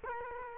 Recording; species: mosquito wingbeat signal from an infrared sensor; Culex quinquefasciatus